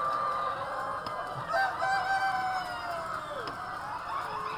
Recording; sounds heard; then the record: poultry house recording; healthy chickens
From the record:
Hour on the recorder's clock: 3